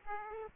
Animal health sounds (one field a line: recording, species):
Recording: mosquito wingbeat signal from an infrared sensor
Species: Aedes aegypti